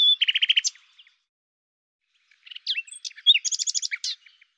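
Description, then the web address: Common nightingale song: a quick burst of rapidly repeated notes, a pause, then a longer phrase of varied chirps building into a rapid, loud repeated series. "cianscape birddata Deverinetal 2025"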